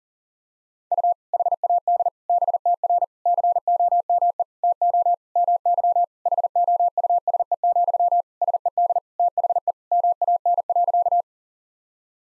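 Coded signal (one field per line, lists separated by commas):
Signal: Morse code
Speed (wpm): 40 wpm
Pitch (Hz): 700 Hz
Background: none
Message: U HAD BTR COME TO MY HOUSE, SED THE MAN.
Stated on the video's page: Morse code head-copy practice at 40 wpm, sentences built from the top 400 words and abbreviations, each sent twice.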